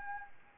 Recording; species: mosquito wingbeat signal from an infrared sensor; Anopheles arabiensis